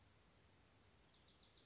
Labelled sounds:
Wilson's Warbler
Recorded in Sonoma County, California

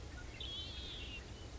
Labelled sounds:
Red-winged Blackbird
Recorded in Sonoma County, California

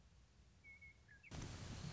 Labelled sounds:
Western Meadowlark
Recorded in Sonoma County, California

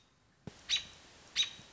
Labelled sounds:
American Robin
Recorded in Sonoma County, California

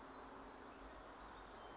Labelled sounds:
Song Sparrow
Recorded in Sonoma County, California

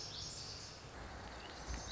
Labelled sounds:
Lazuli Bunting
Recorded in Sonoma County, California

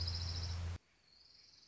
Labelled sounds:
Orange-crowned Warbler
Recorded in Sonoma County, California

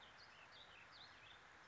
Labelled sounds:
Warbling Vireo
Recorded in Sonoma County, California

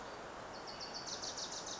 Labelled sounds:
Wilson's Warbler
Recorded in Sonoma County, California

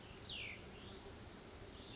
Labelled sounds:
Cassin's Vireo
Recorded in Sonoma County, California

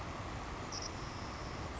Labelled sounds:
Savannah Sparrow
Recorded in Sonoma County, California

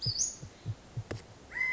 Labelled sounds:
Western Flycatcher
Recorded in Sonoma County, California

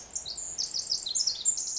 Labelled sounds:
Pacific Wren
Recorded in Sonoma County, California

